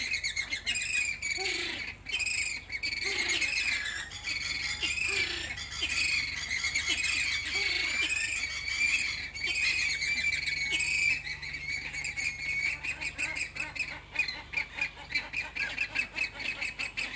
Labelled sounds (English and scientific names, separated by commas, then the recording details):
James's Flamingo (Phoenicoparrus jamesi) aggressive call
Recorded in captivity
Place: Zoo Berlin, Berlin, DE
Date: 2004-05-24 15:05
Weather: bedeckt, 13°C
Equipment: Sony WM-D6C, Sennheiser ME 80, Kopie Uher 4000 Report Monitor
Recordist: Tembrock, Günter
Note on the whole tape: Laute, agonistisch im Nestbereich (hinten am Haus); ein Tier dann auf dem Nest sitzend